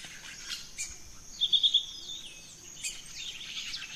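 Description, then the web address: Birds at dawn, a short run of four rapid bright notes amid soft chirps and a steady high insect whine. Dawn chorus of rainforest birds, Gran Sabana, Venezuela. "Birds in the Rainforest 03 Dawn Venezuela Gran Sabana"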